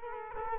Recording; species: mosquito wingbeat signal from an infrared sensor; Culex quinquefasciatus